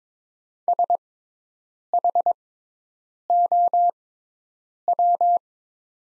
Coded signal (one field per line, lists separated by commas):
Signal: Morse code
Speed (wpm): 22 wpm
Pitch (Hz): 700 Hz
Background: none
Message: SHOW